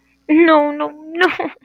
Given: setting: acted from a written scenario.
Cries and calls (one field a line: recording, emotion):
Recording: vocal sound without words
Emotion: sadness